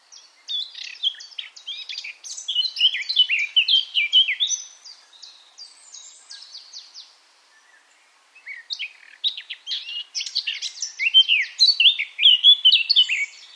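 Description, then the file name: Eurasian blackcap song, a rapid jumble of scratchy chattering notes in two long warbling bursts with a brief lull between them. "Sylvia atricapilla"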